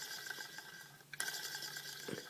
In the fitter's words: uh that just pops right in there and then you can take a look at the the lion